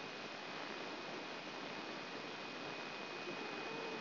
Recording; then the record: brain microelectrode recording played as sound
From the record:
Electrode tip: outside the subthalamic nucleus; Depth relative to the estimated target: 3 mm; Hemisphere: left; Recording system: AlphaMap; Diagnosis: Parkinson's disease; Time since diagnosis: 7 years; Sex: female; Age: 56 years